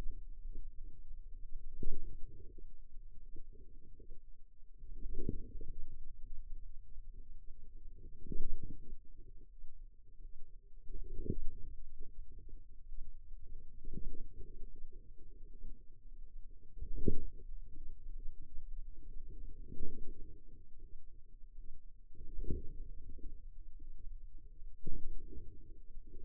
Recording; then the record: forearm muscle sounds (acoustic myography)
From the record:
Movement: radial deviation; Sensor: system 2, bracelet of six BSWA MPA416 microphones around the upper forearm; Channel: 2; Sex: female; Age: 23 years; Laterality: right